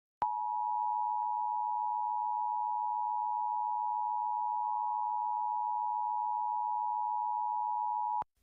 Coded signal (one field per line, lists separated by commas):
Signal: Emergency Alert System (SAME) tones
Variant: 853 and 960 Hz attention tone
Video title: New Hampshire's Monthly Test on WMUR-TV (7/11/2024) (EAS #131)